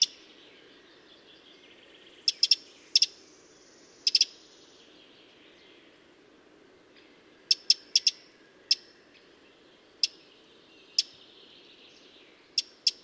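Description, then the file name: Eurasian wren giving sharp, dry ticking calls, single or in quick pairs, scattered irregularly over steady low background noise. "Troglodytes troglodytes"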